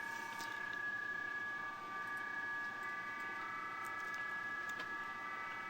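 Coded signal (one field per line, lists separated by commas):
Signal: PSK31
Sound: several faint steady warbling tones at different pitches over constant hiss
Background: radio static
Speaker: I'll turn the VAC on in our console in the digital U mode on 20 M and a little little bit of audio so so that's that's the audio and these are the signals coming in right now on the 14070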